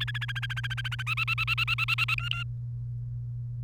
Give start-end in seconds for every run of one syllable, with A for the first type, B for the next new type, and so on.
0.00-1.02 A, 1.06-2.15 B, 2.18-2.43 C